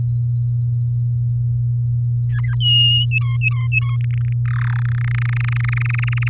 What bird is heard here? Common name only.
Domestic Canary